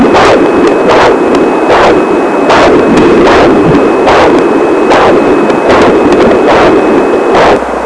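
A fetal heartbeat picked up by a Doppler monitor: a regular series of rhythmic whooshing pulses over a steady background hiss.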